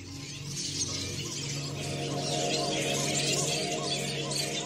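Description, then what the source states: Flying fox colony chattering: a dense, continuous wash of high squeaks and twitters from many animals at once, over a steady low hum. Groups of noisy youngsters in a camp in Australia chatter to each other and play fight while adults sleep; very vocal animals, the third most vocal mammal after humans.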